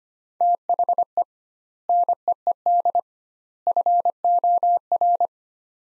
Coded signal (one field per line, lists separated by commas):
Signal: Morse code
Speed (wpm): 25 wpm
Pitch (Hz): 700 Hz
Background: none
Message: THE NEED FOR